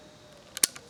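The steel hammer of a muzzleloading percussion rifle, a T/C Renegade, is pulled back until it catches in the half-cock notch. A short double click sounds at 0.6 s and 0.6 s, followed by a fainter tick at 0.8 s. The hammer seats in the half-cock notch, the rifle's half-cock safety.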